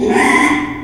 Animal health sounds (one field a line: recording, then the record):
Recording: squeal of a Yucatan mini pig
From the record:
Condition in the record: after surgery on the right vocal fold (resection and tissue-engineered implant)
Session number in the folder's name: 3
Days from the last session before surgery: 33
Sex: male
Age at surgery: 12 weeks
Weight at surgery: 13 kg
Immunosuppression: cyclosporine, prednisolone